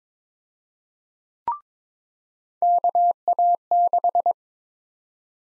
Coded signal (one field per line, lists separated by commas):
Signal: Morse code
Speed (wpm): 22 wpm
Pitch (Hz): 700 Hz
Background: none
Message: KA6